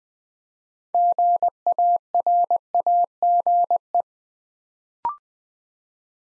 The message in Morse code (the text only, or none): GARAGE